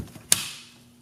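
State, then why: Seated. A battery tray is slid into a Cannonball 800 drone frame and the release is pulled, and the tray latches home with one sharp, loud snap at 0.3 s. A bright, hissy ring fades out over the following half second. The tray is seated in place.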